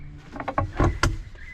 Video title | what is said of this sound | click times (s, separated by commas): Ginny the Camper Van - Nissan NV350 campervan conversion | here and it just kind of goes on clicks into place | 0.6 s, 1.0 s